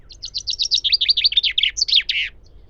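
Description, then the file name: Common chaffinch song: a fast trill of bright high notes descending step by step, ending in a short emphatic flourish. "Fringilla coelebs"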